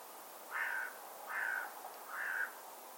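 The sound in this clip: Bird calls, three hoarse harsh notes, each under half a second, evenly spaced, over steady hiss.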